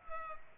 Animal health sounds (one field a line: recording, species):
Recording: mosquito wingbeat signal from an infrared sensor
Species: Culex pipiens